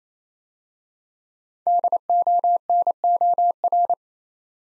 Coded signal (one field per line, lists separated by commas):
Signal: Morse code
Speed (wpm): 27 wpm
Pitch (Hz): 700 Hz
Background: none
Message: DONOR